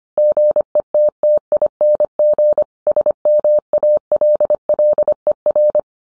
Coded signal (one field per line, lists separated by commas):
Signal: Morse code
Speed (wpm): 25 wpm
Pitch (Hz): 600 Hz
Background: none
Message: GETTING SMALLER